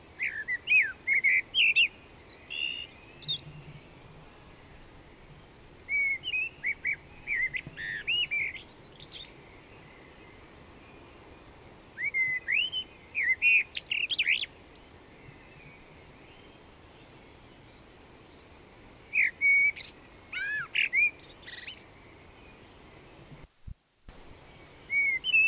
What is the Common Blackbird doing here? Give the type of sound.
song